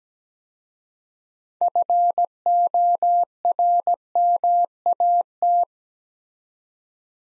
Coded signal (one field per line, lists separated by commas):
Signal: Morse code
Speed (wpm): 17 wpm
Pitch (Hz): 700 Hz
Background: none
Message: FORMAT